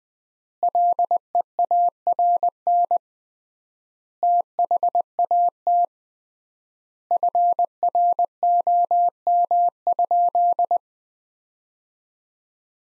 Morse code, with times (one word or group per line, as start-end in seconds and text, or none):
0.6-3.0 LEARN
4.2-5.8 THAT
7.1-10.8 FROM?